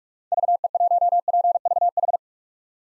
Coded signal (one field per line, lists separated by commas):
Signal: Morse code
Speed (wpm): 43 wpm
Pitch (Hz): 700 Hz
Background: none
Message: VE1PVH